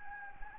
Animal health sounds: mosquito wingbeat signal from an infrared sensor; Anopheles gambiae

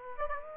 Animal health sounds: mosquito wingbeat signal from an infrared sensor; Aedes aegypti

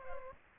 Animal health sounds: mosquito wingbeat signal from an infrared sensor; Culex pipiens

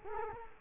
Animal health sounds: mosquito wingbeat signal from an infrared sensor; Culex quinquefasciatus

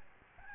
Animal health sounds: mosquito wingbeat signal from an infrared sensor; Aedes albopictus

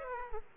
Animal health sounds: mosquito wingbeat signal from an infrared sensor; Aedes aegypti

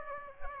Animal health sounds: mosquito wingbeat signal from an infrared sensor; Aedes aegypti

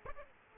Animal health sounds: mosquito wingbeat signal from an infrared sensor; Aedes aegypti

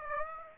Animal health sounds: mosquito wingbeat signal from an infrared sensor; Aedes aegypti

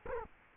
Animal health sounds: mosquito wingbeat signal from an infrared sensor; Culex quinquefasciatus

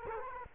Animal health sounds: mosquito wingbeat signal from an infrared sensor; Culex quinquefasciatus

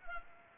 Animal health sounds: mosquito wingbeat signal from an infrared sensor; Culex pipiens

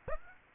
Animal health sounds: mosquito wingbeat signal from an infrared sensor; Aedes aegypti

